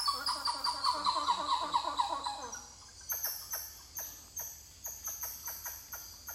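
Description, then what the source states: Titi monkey calling, a rapid run of rich harmonic notes at first, then a slower repeated pulsing series of short hoots, with constant high insect buzz behind. More than one titi monkey calling.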